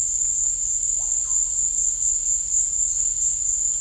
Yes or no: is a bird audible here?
no